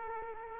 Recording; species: mosquito wingbeat signal from an infrared sensor; Culex quinquefasciatus